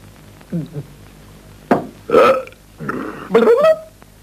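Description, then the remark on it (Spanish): A string of loud, croaking burps, a couple of short soft ones first, then several longer, rumbling belches in quick, uneven succession, some with a voiced, groaning pitch. “Perdona, marcianito, pero nosotros cuando nos tiramos un pedo o eructamos nos divertimos como verdaderos bestias.”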